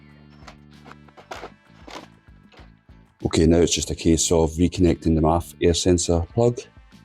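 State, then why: Not seated. Someone handles the mass air flow (MAF) sensor electrical plug on a Mini Cooper S to reconnect it onto the sensor on the air intake housing, after fitting a K&N panel filter. A few soft handling taps come in the first three seconds, then someone talks. Nothing has seated or clicked yet.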